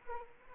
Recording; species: mosquito wingbeat signal from an infrared sensor; Anopheles arabiensis